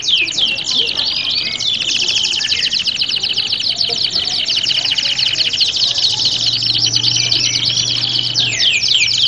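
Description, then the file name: Canaries in full song, rapid rolling trills and looping whistled phrases overlapping without pause, a low hum audible in the background. Simulated singing contest of standard-type canaries. "audio-simulasi-lomba-kenari-standar 1-omkicau"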